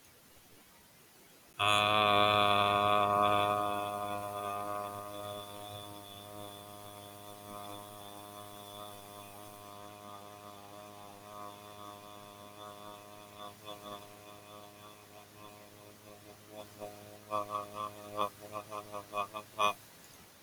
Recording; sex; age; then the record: vowel held as long as possible; male; 20 to 29 years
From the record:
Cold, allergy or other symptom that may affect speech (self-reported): no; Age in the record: 29 years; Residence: Maryland, United States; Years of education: 15